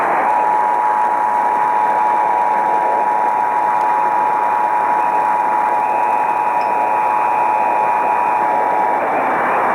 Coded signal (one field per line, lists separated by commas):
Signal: Emergency Alert System (SAME) tones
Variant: 853 and 960 Hz attention tone